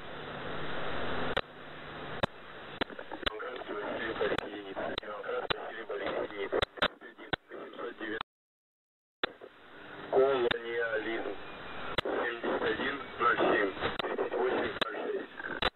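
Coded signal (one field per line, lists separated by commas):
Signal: coded military voice message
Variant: The Pip, Russian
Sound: russian voice reading callsign, number groups and a codeword over shortwave static with clicks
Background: radio static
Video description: "The Pip" is a Russian military station that broadcasts on 5448 kHz at daytime and 3756 kHz at nighttime.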